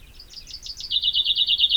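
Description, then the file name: Common chaffinch: brief bird song fragment: a fast series of high, slurred notes settling into an even rattling trill. "Fringilla coelebs"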